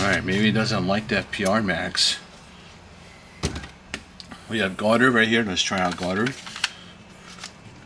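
Someone talks while handling an airsoft magazine at the magazine well and catch of an airsoft pistol, trying a different brand's magazine after another brand's did not work well. Short sharp handling knocks come between the speech near 3.5–4.2 seconds and again near 6.6 seconds. The magazine has not seated or clicked into the catch yet.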